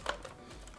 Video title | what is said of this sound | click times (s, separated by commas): Ekspres #Siemens EQ6 - zimna kawa!!?? - rozbieramy i naprawiamy - Coffee Doctor | as not to pinch anything, and again the tooth has to click into place | 0.1 s